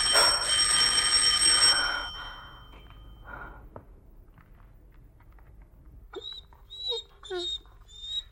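A dog whimpers in several short, high-pitched whines with a rising and falling pitch as it is being hidden, coming after a brief burst of harsh noise and a quiet pause.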